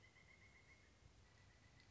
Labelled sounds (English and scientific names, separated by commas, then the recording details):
Pileated Woodpecker (Dryocopus pileatus)
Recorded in Sonoma County, California